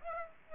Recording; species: mosquito wingbeat signal from an infrared sensor; Aedes aegypti